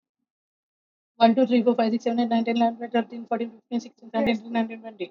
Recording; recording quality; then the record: counting at a fast pace; excellent, no background noise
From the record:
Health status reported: COVID-19 positive, no symptoms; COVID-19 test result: positive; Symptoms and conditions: cough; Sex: female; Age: 45 years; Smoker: not ticked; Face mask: worn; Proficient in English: yes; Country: India